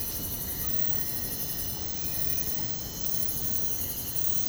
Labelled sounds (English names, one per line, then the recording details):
none
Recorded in secondary vegetation near Puerto Asís, Putumayo, Colombia, on 19 February 2024 at 04:30
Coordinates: 0.468, -76.324
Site G6381